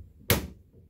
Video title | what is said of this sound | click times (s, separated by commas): How To Install Corner Susan Door Hinges | so you can hear it snap there when it's in and then it's ready to go | 0.3 s